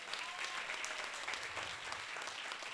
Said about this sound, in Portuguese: Tudo bem, eu quero pedir uma força de palmas para todos vocês.